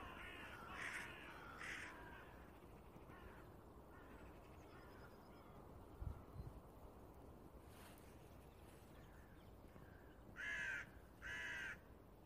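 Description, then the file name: Carrion crow giving a few sparse, harsh caws, two early and two more near the end, separated by long quiet stretches of low background noise. "Corvus corone"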